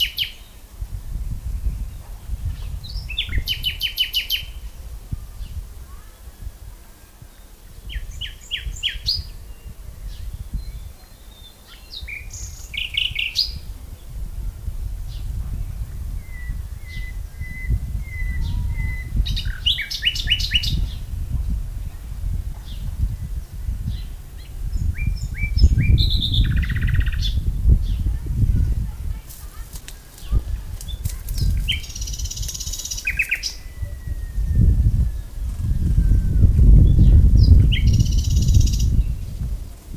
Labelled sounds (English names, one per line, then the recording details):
Common Nightingale song
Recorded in the wild
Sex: male
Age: adult
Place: Lübars (Fließtal), Berlin, DE
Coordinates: 52.6167, 13.35
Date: 2000-05-06 11:43
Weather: sunny, ca. 20 - 22°C
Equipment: Nagra SN, Kopie Uher 4000 Report Monitor
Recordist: Tembrock, Günter